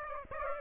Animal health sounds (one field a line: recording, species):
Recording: mosquito wingbeat signal from an infrared sensor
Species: Aedes aegypti